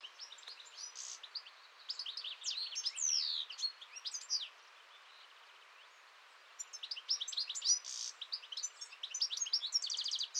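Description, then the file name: European goldfinch song: rapid tinkling twitters and liquid notes in two bursts, with a quiet pause between, high-pitched and jangling throughout. "Chardonneret-élègant"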